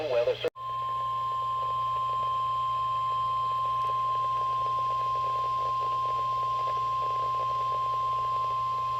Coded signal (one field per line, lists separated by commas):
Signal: Emergency Alert System (SAME) tones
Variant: 1050 Hz attention tone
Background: speech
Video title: (EAS #803-804) 2 Severe Thunderstorm Warnings On KJY83 7/21/2023